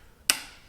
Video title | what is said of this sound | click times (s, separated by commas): Ignition Coil Installation - Dodge Neon | plug it back in until i get a good click | 0.3 s